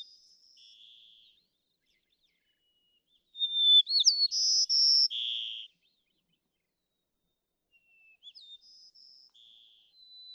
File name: White-crowned Sparrow